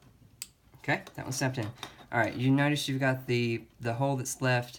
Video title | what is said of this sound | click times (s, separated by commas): JDC Evo 4-9 DIY COP Kit Instructions | you will hear them snap in okay | 0.4 s